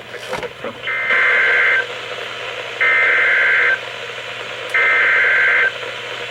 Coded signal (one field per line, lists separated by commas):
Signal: Emergency Alert System (SAME) tones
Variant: header bursts